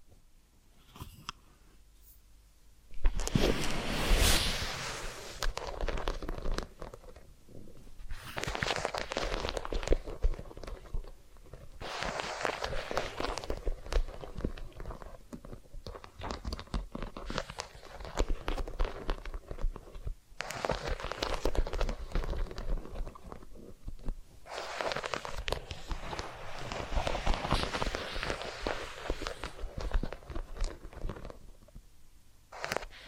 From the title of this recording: Massage, Ear Cleaning and Spa